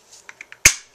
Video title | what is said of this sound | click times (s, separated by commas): Belly Band Envelope card | and it just snaps into place | 0.7 s